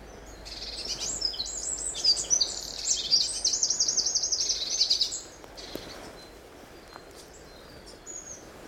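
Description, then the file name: Eurasian wren song, a fast, loud high-pitched rattle of trills and chips lasting several seconds, then quieter background with faint noise. "Troglodytes troglodytes"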